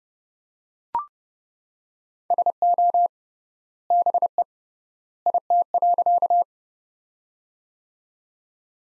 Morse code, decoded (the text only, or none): SO BE IT.